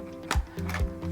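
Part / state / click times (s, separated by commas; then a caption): accessory tool into its storage clip on a cordless vacuum / not seated / none. A plastic accessory tool is handled and pushed toward its storage clip holder on a Dyson V8 cordless vacuum, giving a few short plastic knocks and scrapes at about 0.3 s and 0.7 s over a low steady hum. Nothing has seated or clicked into place yet.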